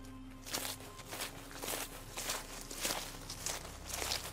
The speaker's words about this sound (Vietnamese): Thị hốt hoảng, cho nên nhịp bước càng lúc càng nhanh. Thế nhưng trên con đường lộn nhộn đầy đá vụn, tiếng bước chân cũng nhanh hơn, cứ lạo xạo ở trên đường.